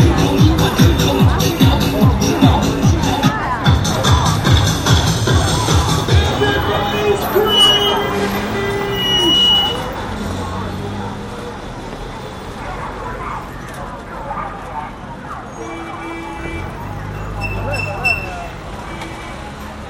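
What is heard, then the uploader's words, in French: A busy street with voices calling and chattering in the first half, then a steadier urban murmur with traffic and brief high tones. Elle en a profité pour accrocher un micro au guidon de son vélo. Enregistrement : octobre 03. Les sonnettes des vélos, le cri des marchands ambulants, la techno des salons de coiffure. Rues de Pékin.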